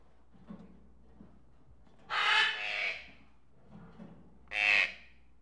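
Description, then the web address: Tropical birds giving two loud, harsh squawks, the first drawn out and wavering, with soft low chatter in between. Various tropical birds in a pet shop. "birds various tropical birds in a pet shop animal ambience"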